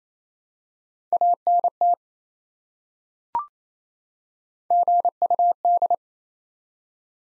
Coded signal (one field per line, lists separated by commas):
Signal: Morse code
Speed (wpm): 28 wpm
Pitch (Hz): 700 Hz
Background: none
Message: ANT GUD